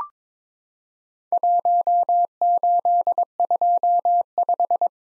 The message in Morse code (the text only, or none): 1825